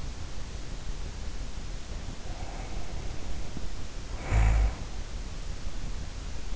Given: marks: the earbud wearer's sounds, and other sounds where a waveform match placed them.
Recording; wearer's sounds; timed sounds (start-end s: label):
sounds in sleep by an in-ear microphone; snoring breath
1.87-5.01 s: snoring breath